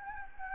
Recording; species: mosquito wingbeat signal from an infrared sensor; Anopheles gambiae